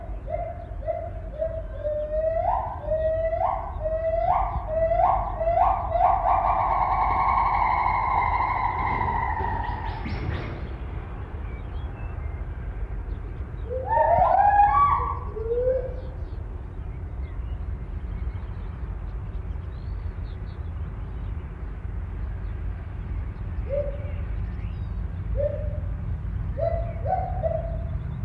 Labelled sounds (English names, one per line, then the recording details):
Agile Gibbon
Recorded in captivity
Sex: pair
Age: adult
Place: Zoopark Erfurt, Thüringen, DE
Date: 1972-05-19
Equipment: Uher 4200 Report Monitor, Tesla Verstärker, Sennheiser Mikrophon
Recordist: Tembrock, Günter